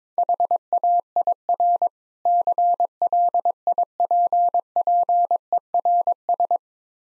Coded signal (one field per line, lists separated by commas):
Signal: Morse code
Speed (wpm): 23 wpm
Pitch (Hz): 700 Hz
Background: none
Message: HAIR CLIPPERS